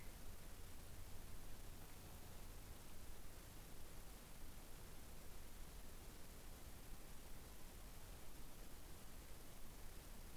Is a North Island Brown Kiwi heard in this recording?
no